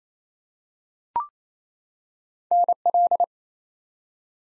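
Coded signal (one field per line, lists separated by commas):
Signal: Morse code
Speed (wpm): 28 wpm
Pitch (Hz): 700 Hz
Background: none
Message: NL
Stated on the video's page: Morse practice at 28 wpm: ARRL sections and DX as used in Field Day contest exchanges, each sent twice for head-copy.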